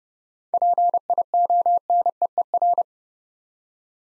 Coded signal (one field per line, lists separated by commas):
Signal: Morse code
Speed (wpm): 29 wpm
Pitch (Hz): 700 Hz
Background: none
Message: PIONEER